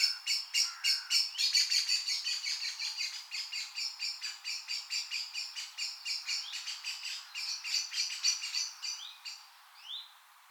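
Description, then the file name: Common blackbird calling in a fast, steady chatter of sharp, high clicking notes, roughly three or four a second, easing off and fading near the end. "Turdus merula"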